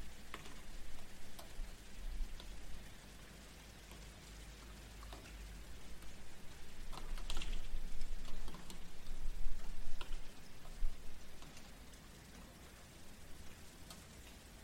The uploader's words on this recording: Rain at night in the city. Traffic and rain sounds. Cars driving in the rain.